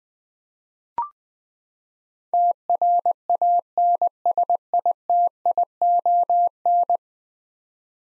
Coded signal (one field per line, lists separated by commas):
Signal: Morse code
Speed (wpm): 21 wpm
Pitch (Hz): 700 Hz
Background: none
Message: TRANSITION